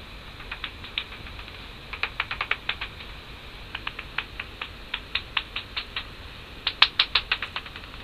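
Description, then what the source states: Northern bat echolocation through a detector: irregular dry clicks that swell and fade. Heard through a bat detector on a summer evening, hunting at treetop level among black alders; sounds like a ping-pong ball, swelling and fading as it circles; rapid clicking means it has caught prey.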